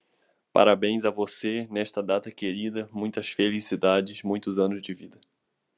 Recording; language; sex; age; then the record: short text; Brazilian Portuguese; male; 20 to 29 years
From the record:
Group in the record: control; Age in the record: 21 years